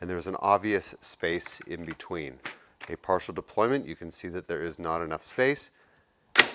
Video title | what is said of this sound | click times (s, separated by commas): SunCase 3651 #productreview #powerstation #drone #military #battery #tech #starlink #filmmaking | And when it clicks into place, these handles move out. | 6.4 s